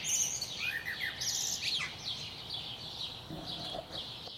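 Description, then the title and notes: Birdsong with rapid chirping and short descending whistles at the start, then a softer chorus of twitters. Recorded at 4am. "Birds at 4am by Daniel Sky"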